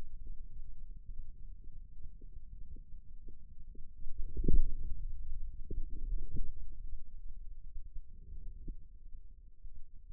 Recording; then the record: forearm muscle sounds (acoustic myography)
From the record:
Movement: inward rotation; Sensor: system 2, bracelet of six BSWA MPA416 microphones around the upper forearm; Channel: 1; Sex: male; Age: 22 years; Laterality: right